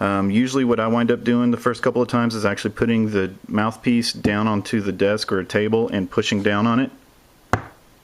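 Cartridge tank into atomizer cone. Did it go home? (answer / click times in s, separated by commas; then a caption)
yes / 7.5 s. Someone talks for about seven seconds, then, after a short quiet pause, a single sharp pop at 7.5 seconds marks a filled cartridge tank seating into the cone of an e-Go C e-cig's atomizer. The tank is pushed in by pressing the mouthpiece down against a desk, and the pop confirms it is seated properly.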